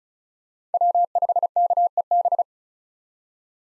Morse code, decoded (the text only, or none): W5KEB